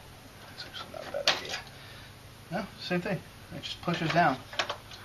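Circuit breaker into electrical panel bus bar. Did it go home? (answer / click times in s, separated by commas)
no / none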